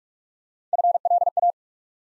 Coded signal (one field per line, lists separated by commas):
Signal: Morse code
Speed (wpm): 44 wpm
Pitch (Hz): 700 Hz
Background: none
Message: FLA